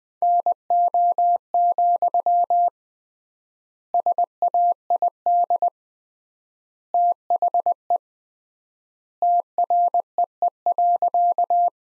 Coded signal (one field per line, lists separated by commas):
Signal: Morse code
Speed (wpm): 20 wpm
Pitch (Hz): 700 Hz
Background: none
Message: NO, SAID THE TREE.